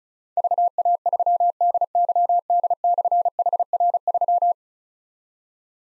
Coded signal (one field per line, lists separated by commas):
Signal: Morse code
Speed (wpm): 36 wpm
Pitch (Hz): 700 Hz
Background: none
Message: VA3DYD/HR3